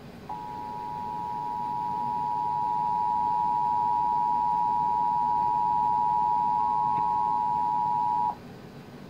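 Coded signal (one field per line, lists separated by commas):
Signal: Emergency Alert System (SAME) tones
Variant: 853 and 960 Hz attention tone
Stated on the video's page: Required Monthly Test logged in 2017.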